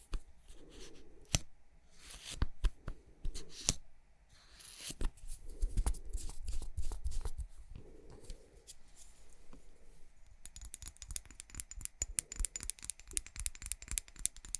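Crisp tapping and scratching on makeup items, with sharp clicks landing irregularly alongside soft rubbing and brushing sounds. After about ten seconds the taps speed up into a dense, rapid run of bright clicking scratches.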